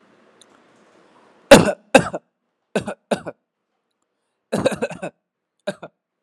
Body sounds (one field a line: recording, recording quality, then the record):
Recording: shallow voluntary cough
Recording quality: excellent, no background noise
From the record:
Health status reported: COVID-19 positive, mild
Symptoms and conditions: cough, sore throat, fever, muscle pain, loss of smell and taste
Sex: male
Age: 38 years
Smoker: not ticked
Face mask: not worn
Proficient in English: yes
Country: India